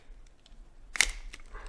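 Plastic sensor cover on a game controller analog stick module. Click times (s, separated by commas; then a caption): 1.0 s. Two fingers press the small plastic cover of an analog stick's sensor box on a PS5 controller, opened to fix stick drift, back down onto the module. Two sharp plastic clicks at 1.0 s and 1.0 s mark the cover snapping shut and seating in place.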